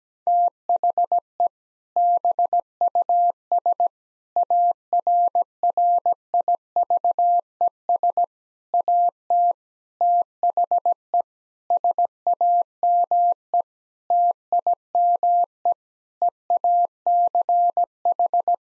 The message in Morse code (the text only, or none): THE BUS ARRIVES AT THE SAME TIME EACH